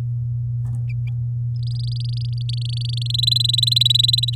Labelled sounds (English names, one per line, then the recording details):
Domestic Canary song
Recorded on 10 May 2018 at 07:14
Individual llb16